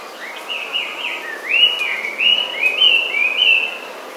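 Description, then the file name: Chinese hwamei song, a series of loud clear whistled phrases, each rising then slurring, repeated in quick succession with slight pitch variation. "gabityo"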